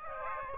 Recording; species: mosquito wingbeat signal from an infrared sensor; Aedes aegypti